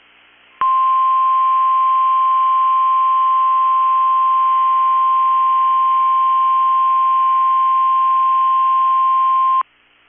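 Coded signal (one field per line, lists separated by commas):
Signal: Emergency Alert System (SAME) tones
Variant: 1050 Hz attention tone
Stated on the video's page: Required Weekly Test from weather radio station KEC65.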